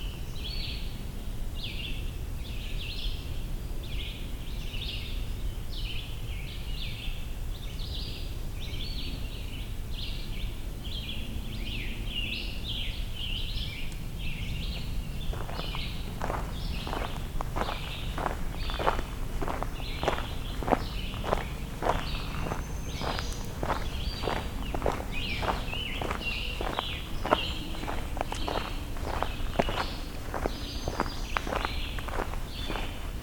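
Scarlet Tanagers and other songbirds call in quick, dense bursts, while from about fifteen seconds steady crunching footsteps join over a low rumble.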